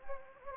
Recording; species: mosquito wingbeat signal from an infrared sensor; Anopheles gambiae